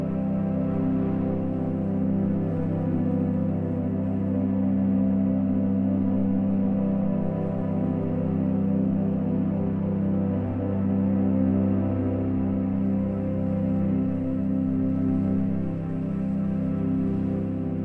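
Calming music of low, sustained tones layered into a steady humming drone with a soft shimmer, holding level without pause throughout.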